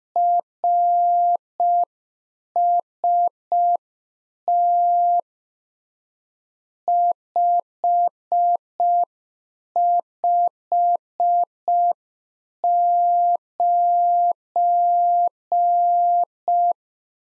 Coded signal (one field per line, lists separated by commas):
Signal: Morse code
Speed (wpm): 5 wpm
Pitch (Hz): 700 Hz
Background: none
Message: RST 559